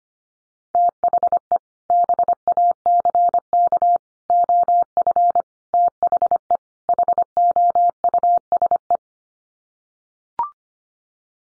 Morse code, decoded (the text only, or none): THE BACK OF THE HOUSE